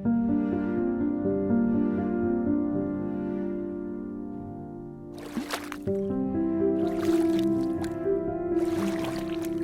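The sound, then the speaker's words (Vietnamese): Oars dip and pull a boat through calm river water with soft splashing strokes, set over a steady low, tonal background hum; brighter sloshing bursts come around the middle and again near the end. “Đôi mái chèo nhẫn nha đạp nước.”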